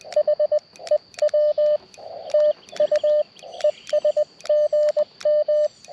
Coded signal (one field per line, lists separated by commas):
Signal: Morse code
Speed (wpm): 20 wpm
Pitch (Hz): 590 Hz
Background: radio noise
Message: HEW TU ES GM